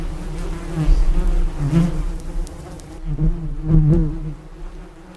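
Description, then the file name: Bee buzzing, a loud low drone with stacked harmonics that wavers in pitch and swells and fades in loudness. "Abeille"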